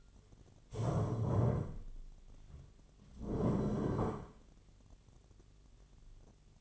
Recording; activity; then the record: daily activity, microphone in the room; stand up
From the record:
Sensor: 4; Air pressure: 1008.6 hPa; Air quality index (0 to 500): 170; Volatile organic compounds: 5 ppm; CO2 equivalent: 1712 ppm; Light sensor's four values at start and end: 23/72/27/26 and 23/72/27/26